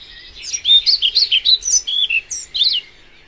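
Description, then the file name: European pied flycatcher song: a brisk run of about a dozen high, sweet notes that skip up and down in pitch, lasting roughly two and a half seconds. "Trauerschnaepper"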